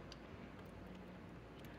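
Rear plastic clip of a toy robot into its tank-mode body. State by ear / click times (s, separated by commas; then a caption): not seated / none. A rear plastic clip on a Transformers X Frankenstein Frankentron toy robot is handled as the figure is folded into tank mode and the clip is brought toward its tank-mode body. Only quiet, steady handling noise with a few faint ticks is heard. Nothing has seated or clicked yet.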